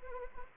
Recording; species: mosquito wingbeat signal from an infrared sensor; Anopheles gambiae